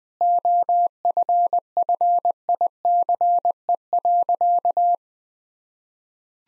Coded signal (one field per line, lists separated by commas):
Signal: Morse code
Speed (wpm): 20 wpm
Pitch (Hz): 700 Hz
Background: none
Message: OFFICE.